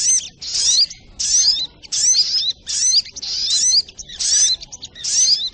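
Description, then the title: Little spiderhunter song: bursts of rapid, high, squeaky twittering notes, each under a second long, repeated about every 0.8 seconds with brief pauses between. Training recording (masteran) of a sogok ontong bird, song style called labaik. "Masteran Burung Sogok Ontong Labaik"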